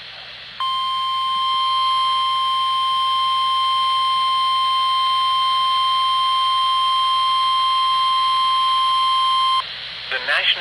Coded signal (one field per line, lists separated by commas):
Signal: Emergency Alert System (SAME) tones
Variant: 1050 Hz attention tone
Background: speech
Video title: NOAA Weather Radio: Required Weekly Test on WWG21(EAS #15)